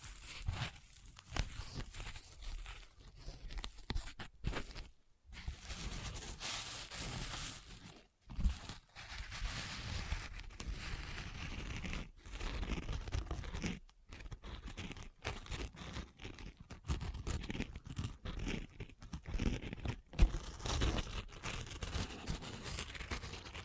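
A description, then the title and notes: An assortment of festive trigger sounds with no talking: dense crinkling, crunching and rustling, like paper or wrapping being handled. The texture is busy and bright, broken by brief silent gaps around 5, 8, 12, 14 and 20 seconds. Christmas Trigger Assortment (No Talking).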